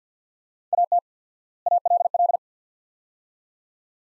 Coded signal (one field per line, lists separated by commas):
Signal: Morse code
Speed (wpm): 50 wpm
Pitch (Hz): 700 Hz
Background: none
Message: AT ALL